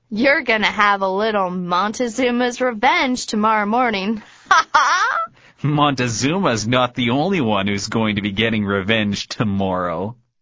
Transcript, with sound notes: You're gonna have a little Montezuma's revenge tomorrow morning. [laughs]
Montezuma's not the only one who's going to be getting revenge tomorrow...